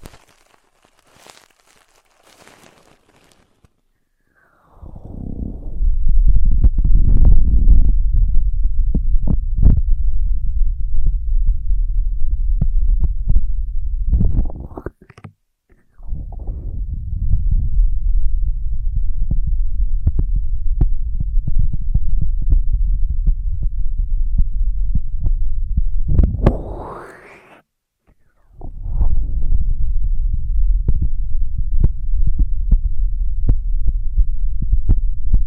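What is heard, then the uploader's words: Intense ear triggers without talking: a deep, muffled throbbing rumble fills three long stretches, beginning around five, sixteen and twenty-eight seconds. Each stretch opens or closes with a quick swooping sweep, with brief silences between. Faint soft ticks precede the first. Intense Ear Triggers (No Talking).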